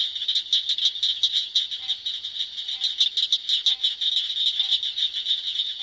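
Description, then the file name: Southern cricket frog giving a fast train of hard, metallic clicks, several a second, continuing without pause throughout. "Acris gryllus - Southern Cricket Frog"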